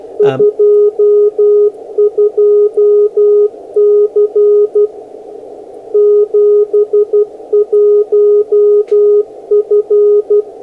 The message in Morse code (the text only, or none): 22C 71F